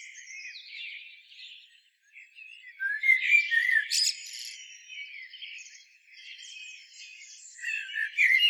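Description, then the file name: Common blackbird giving a softer, rambling warble with a brighter fluted phrase in the middle and another rising toward the end, full of high scratchy notes. "Turdus merula"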